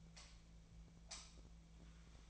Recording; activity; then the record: daily activity, microphone in the room; light off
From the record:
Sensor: 1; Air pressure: 1009.8 hPa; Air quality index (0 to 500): 190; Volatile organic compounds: 18 ppm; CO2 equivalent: 2609 ppm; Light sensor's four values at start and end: 45/130/53/60 and 34/86/36/43